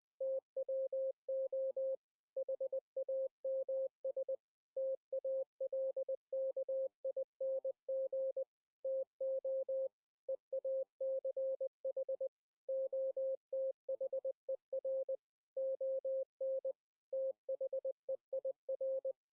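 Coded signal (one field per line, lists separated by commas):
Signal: Morse code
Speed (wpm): 20 wpm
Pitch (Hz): 530 Hz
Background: none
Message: TWO HAMS TALKING TO EACH OTHER ON THEIR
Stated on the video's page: Morse code audio carried over an online CW net via Gstreamer audio-over-IP pipelines.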